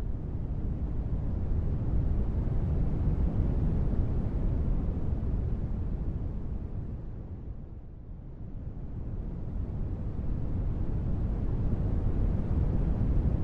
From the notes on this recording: White noise is a gentle and continuous sound that spans across all frequencies